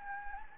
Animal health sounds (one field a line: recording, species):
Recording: mosquito wingbeat signal from an infrared sensor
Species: Anopheles gambiae